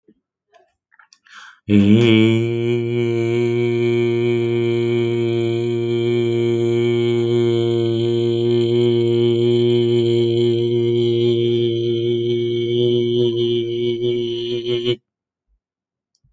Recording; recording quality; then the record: sustained vowel as in made; excellent, no background noise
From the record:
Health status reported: healthy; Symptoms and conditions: diabetes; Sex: male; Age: 48 years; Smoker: not ticked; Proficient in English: yes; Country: India